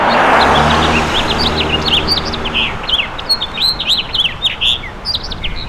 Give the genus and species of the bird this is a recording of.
Haemorhous mexicanus